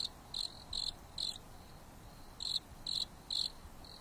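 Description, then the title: Insect chirps, high and pulsed, in two groups of three with a quiet stretch between, against a low hiss. Insects singing leisurely at night on a mountain top under a starry sky, with a gentle breeze. "There is a gentle breeze blowing on the top of the mountain under the starry sky, and the insects are singing leisurely."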